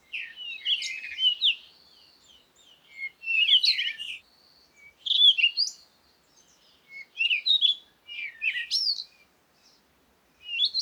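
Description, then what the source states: Birds chirping in quick bursts of bright, high twittering notes with short sliding whistles, groups separated by brief pauses. Recorded at Komati, Africa, in the morning with wind; birds close.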